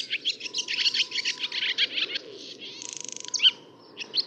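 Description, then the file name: Barn swallow song, fast twittering notes leading into a dry buzzy rattle, then a sharp squeak and more twitters. "laavesvale"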